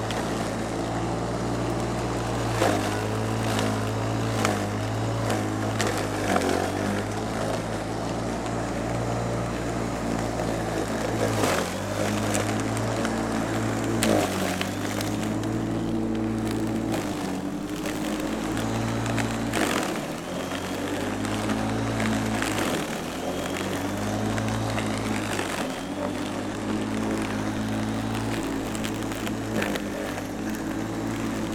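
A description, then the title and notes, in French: An electric lawn mower hums steadily, its low drone dipping briefly every few seconds as it bogs down in the grass, with faint clatter. La tondeuse à gazon. Aujourd’hui on sort la vieille tondeuse, la rallonge et on part à la conquête de notre petit carré de jardin.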